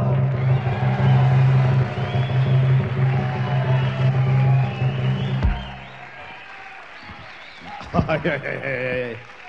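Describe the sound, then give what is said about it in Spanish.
An audience applauds in a dense, steady wash of clapping for several seconds over a low sustained hum, then the applause thins out and fades, with a brief burst near the end. “Ni en mi casa me aplauden tanto, me cae.”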